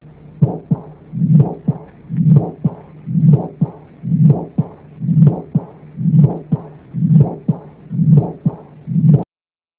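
Regular heartbeat near 62 per minute, with a low-pitched rumbling murmur filling the gaps between the sharp heart sounds: an Austin Flint murmur.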